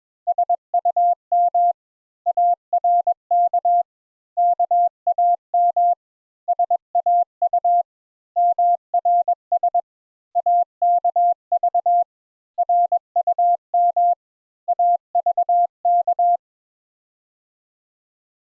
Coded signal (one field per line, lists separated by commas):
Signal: Morse code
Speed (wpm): 21 wpm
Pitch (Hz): 700 Hz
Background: none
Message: SUM ARK KAM SAU MRS AKV RUM AVK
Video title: Morse Code Introductory Lesson 4 Letters A and N